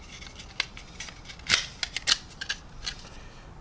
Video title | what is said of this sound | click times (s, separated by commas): 1/48 Minibase SU-33 Build Series - Part 3: Intakes | then you can kind of see how it goes like that just clicks into place | 0.6 s